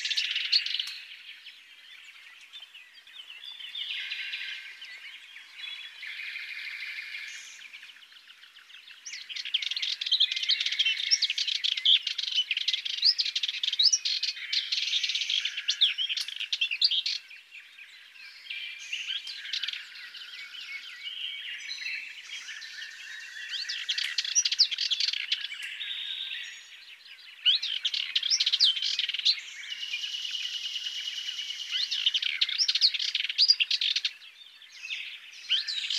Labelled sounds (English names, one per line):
Sardinian Warbler song